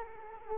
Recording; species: mosquito wingbeat signal from an infrared sensor; Culex quinquefasciatus